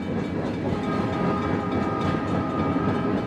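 A train passes by on a railway at night, a steady, loud low roar with a faint metallic hum and rattling wagons, continuous throughout with no voices.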